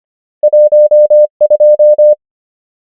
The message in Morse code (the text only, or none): 1 2